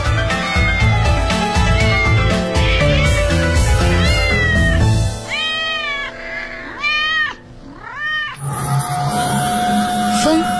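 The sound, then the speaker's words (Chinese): A cat living in the Forbidden City (Palace Museum) in Beijing meows several times in drawn-out, rising and falling cries over a busy musical backdrop, with a louder instrumental passage taking over near the end. “就连单院长都夸他们，故宫里的猫是有尊严的活着。”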